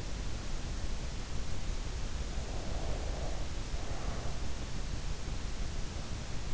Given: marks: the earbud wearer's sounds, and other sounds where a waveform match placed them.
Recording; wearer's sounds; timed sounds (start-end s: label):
sounds in sleep by an in-ear microphone; breath
2.04-4.58 s: breath